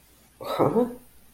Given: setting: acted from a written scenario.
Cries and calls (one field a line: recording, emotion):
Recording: vocal sound without words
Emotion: confusion